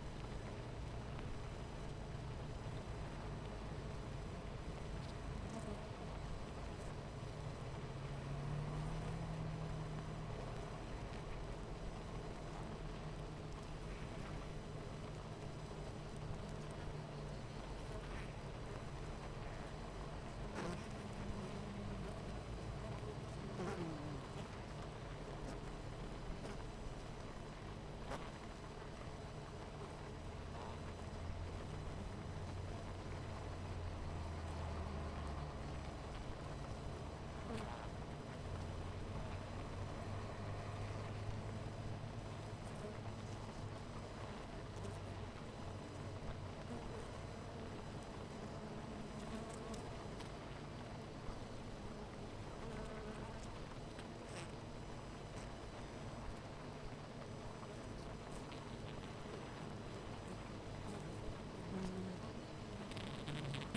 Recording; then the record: honeybee colony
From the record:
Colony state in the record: missing queen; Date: 14 July 2017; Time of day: 9:42